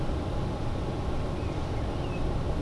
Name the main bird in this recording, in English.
Common Blackbird